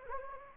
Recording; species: mosquito wingbeat signal from an infrared sensor; Anopheles gambiae